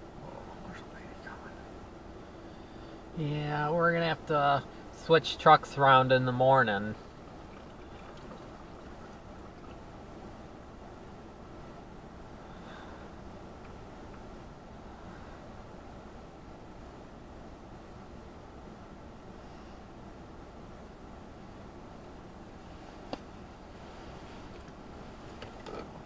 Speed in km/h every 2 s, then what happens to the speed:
0, 0, 0, 0, 0, 0, 0, 0, 0, 0, 0, 0, 0.
0-26 standing.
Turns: none.